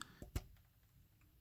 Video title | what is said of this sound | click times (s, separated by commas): How to replace overhead dome map light bulb in Kia Sportage | and then twist it clockwise until it locks in place. | 0.0 s, 0.4 s